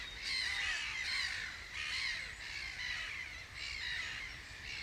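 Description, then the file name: Gull calls, rough mewing cries overlapping in a busy chorus, one or two notes each second. "Möwe"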